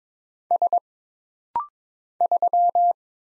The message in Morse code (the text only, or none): S 3